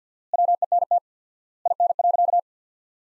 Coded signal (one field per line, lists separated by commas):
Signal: Morse code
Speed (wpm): 50 wpm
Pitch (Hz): 700 Hz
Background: none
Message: WENT IN.